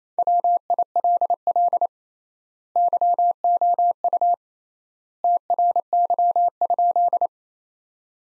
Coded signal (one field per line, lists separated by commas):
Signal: Morse code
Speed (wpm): 28 wpm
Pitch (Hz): 700 Hz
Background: none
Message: WILL YOU TRY?